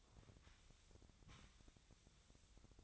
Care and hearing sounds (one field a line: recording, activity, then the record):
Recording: daily activity, microphone in the room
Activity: sweep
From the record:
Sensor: 3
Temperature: 25.7 degrees Celsius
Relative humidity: 37.5%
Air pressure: 1006.9 hPa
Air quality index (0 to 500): 204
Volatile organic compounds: 18 ppm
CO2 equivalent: 2612 ppm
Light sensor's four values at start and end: 11/26/11/10 and 11/26/11/10